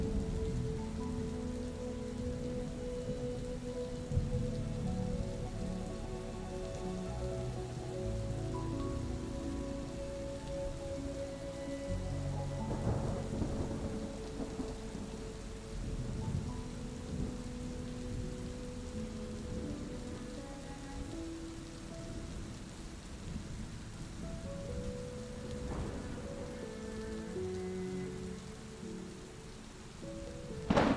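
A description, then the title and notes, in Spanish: Rain falls steadily throughout, with low rolls of thunder rumbling underneath at intervals. Soft music with sustained, gently shifting tones plays over the rain, growing quieter in the middle. A few brighter swells rise around 13 and 26 seconds. Calmante sonido de la lluvia y el trueno, acompañado de música suave.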